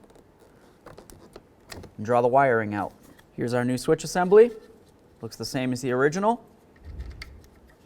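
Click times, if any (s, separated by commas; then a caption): 7.2 s. A wiring harness connector is pushed into a new plastic passenger-side power window switch assembly for a 2008–2016 Chrysler Town & Country, with small handling clicks before and after someone talks. The connector latches with a sharp click at 7.2 s, confirming it is seated, and it is then given a tug to check.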